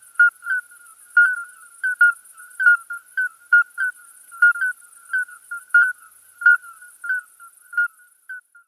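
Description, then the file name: Chorus of common midwife toads: short, fluting single notes from several animals in steady overlapping succession, with a faint high buzz behind. "Geburtshelferkroete Alytes obstetricans Chor"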